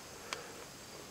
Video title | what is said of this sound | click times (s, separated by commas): My Solar Array Failed! This BougeRV Solar Connector Repair Kit Fixed it! | it locks into place | 0.3 s